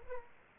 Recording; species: mosquito wingbeat signal from an infrared sensor; Aedes aegypti